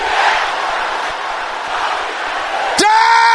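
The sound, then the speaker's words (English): An audience shouts a prayer together in a dense, continuous roar of many voices, then surges abruptly louder near the end with a strong, sustained cry rising above the crowd. “Your voice is still not loud enough.”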